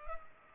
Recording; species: mosquito wingbeat signal from an infrared sensor; Culex pipiens